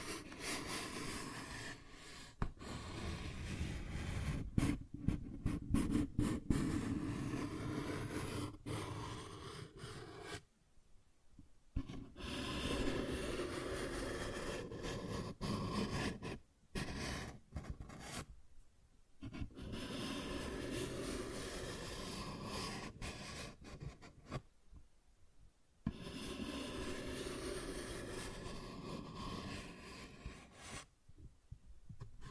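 Paper bag scratching and rubbing in dense, rasping stretches, with quick tapping bursts and brief silent gaps near 11, 19, 25 and 31 seconds.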